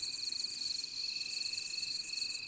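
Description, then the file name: Great green bush-cricket song, a high, shrill buzz in rapid pulses. "La grande sauterelle verte"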